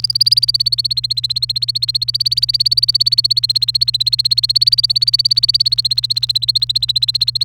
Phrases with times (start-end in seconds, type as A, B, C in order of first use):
0.00-7.45 A